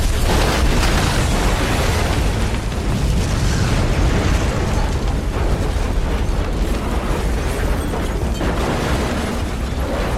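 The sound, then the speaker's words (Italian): A dynamite bomb explosion at the Sixteenth Street Baptist church during a Sunday service on 15 September 1963, rendered as a loud, sustained roar of dense, crackling rumble that holds steady for about ten seconds without any voices. “È il 15 settembre 1963 che c'è ancora la dinamite a Dynamite Hill, l'ennesima esplosione avviene questa volta nella chiesa battista della sedicesima strada durante la funzione domenicale.”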